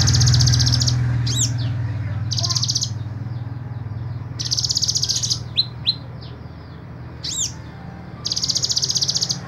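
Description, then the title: Small bird song alternating dry, buzzy trills with sharp high chirps and quick downslurred notes, repeated over several seconds above a steady low hum. "Burung Kecil"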